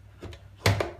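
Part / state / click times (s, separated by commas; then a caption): capsule lever closing on the brewing chamber of a coffee machine / seated / 0.7 s. The plastic lever of a Nespresso Inissia coffee machine is closed over an inserted capsule, its aluminium side facing forward, on the brewing chamber. Faint knocks at about 0.2–0.3 s lead into a sharp, loud snap at 0.7 s as the lever clips shut and seats on the capsule, followed by a smaller click at 0.8 s.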